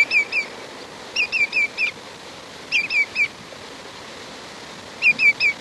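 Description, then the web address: Greater yellowlegs uttering short bursts of two to four clear whistles separated by pauses, with soft background hiss. "cantos pitotgrande"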